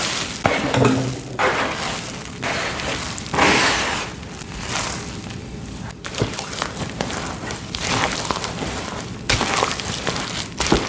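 Glitter is being dumped and mixed, a dense run of scratchy rustling and sharp little clatters that never settles. Brighter bursts of shaking and scraping come near the start, around three to four seconds, at six, and again past nine seconds.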